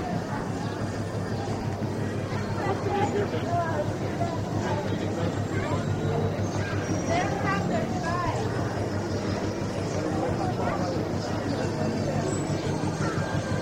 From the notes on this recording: a trip to Disneyland